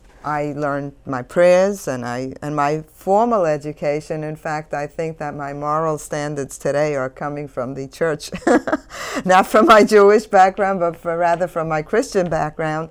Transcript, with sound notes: I learned my prayers and my formal education, in fact, I think that my moral standards today are coming from the church (she laughs) not from my Jewish background, but rather from my Christian background,